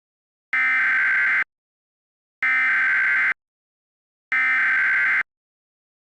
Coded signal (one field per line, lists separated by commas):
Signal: Emergency Alert System (SAME) tones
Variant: header bursts